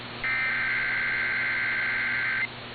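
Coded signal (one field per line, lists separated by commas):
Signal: Emergency Alert System (SAME) tones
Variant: header bursts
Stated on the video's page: Tennessee statewide Amber Alert relayed by the National Weather Service Nashville, received on AM 1510.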